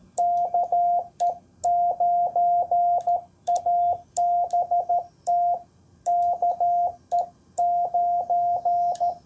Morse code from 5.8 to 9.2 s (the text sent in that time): KE9